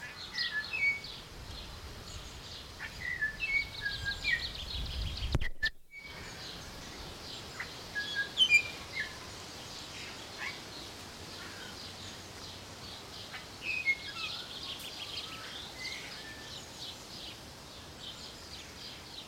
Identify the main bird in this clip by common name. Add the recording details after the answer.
Golden Myna. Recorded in captivity. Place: Zoo Berlin, Berlin, DE. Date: 1992-06-06 12:05. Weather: sonnig, 24-28° C. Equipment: Nagra SN, Mikrofon AKG CK 8, Kopie Tesla B 116. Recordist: Tembrock, Günter. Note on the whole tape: Diverse Lautformen ca. 6-mal